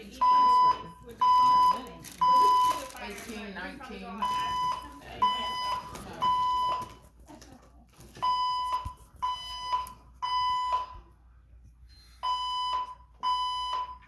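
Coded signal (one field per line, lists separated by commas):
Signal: alarm pattern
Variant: 1000 Hz temporal-3 tone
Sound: loud 1 kHz beeps, three half-second beeps then a pause, repeating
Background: people talking indoors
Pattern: temporal three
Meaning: Temporal-three pattern signals fire evacuation of the building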